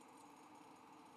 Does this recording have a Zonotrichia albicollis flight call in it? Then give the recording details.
no. No flight call is heard. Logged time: 10:29 on 5 December 2014